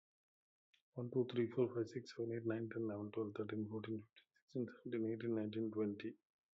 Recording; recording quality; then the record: counting at a fast pace; excellent, no background noise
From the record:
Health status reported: healthy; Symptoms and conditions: hypertension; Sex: male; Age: 55 years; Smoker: not ticked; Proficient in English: yes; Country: India